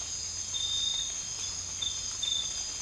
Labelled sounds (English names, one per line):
none